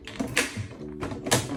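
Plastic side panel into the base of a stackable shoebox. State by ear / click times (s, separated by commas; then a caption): seated / 0.4 s, 1.3 s. A plastic side panel is pressed into the base of a stackable plastic shoebox organizer during assembly. Sharp snaps are heard at 0.4 s and 1.3 s as the panel locks into place, leaving it connected and secure.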